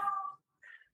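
A brief, high, wailing cry of about a third of a second is followed by a fainter second cry, heard in the background of a quiet room. This is an ordinary cry of a baby about six weeks old.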